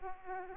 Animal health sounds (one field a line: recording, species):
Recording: mosquito wingbeat signal from an infrared sensor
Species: Aedes aegypti